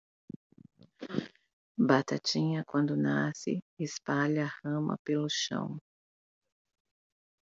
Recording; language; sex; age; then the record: short text; Brazilian Portuguese; female; 40 to 49 years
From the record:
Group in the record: control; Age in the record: 45 years